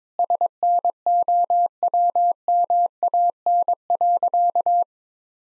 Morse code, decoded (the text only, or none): SNOWMAN.